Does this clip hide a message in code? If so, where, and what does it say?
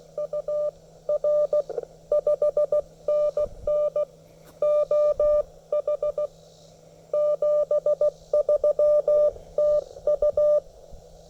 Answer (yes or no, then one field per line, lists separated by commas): yes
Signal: Morse code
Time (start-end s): 0.2-10.6 s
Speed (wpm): 16 wpm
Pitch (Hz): 600 Hz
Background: none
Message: UR 5NN OH 73 TU